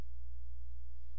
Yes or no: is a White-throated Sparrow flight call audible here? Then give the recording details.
no. No flight call is heard. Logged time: 00:01 on 16 September 2014